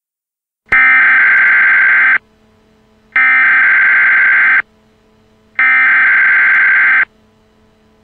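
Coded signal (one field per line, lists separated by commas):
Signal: Emergency Alert System (SAME) tones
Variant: header bursts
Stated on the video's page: Fictional EAS scenario based on SCP-096, made with an EAS simulator.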